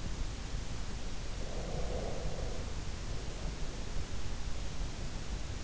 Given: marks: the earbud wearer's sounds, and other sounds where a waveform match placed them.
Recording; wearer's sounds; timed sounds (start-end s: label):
sounds in sleep by an in-ear microphone; breath
1.40-4.13 s: breath